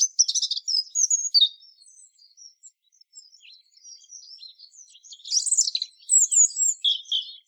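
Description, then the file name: European robin song opening with a loud fluttering trill, then soft scattered high notes, followed by another bright, rapid warbled phrase. "Erithacus rubecula"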